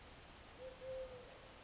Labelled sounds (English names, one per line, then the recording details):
Eurasian Collared Dove
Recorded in Sonoma County, California